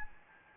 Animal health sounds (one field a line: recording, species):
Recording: mosquito wingbeat signal from an infrared sensor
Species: Anopheles gambiae